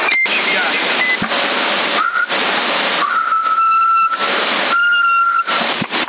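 A whistle comes over a CB radio: a few steady, sustained whistled notes, some held at two pitches at once, cutting in and out through loud, constant radio static hiss.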